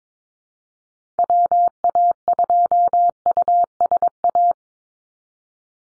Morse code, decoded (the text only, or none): WA2USA